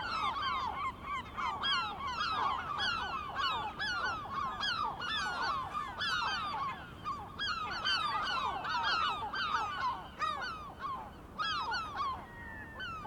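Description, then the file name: Gulls calling in a dense flock, many harsh descending squealing cries overlapping continuously throughout. Recorded on 23 May 2004. "Mouettes 040523"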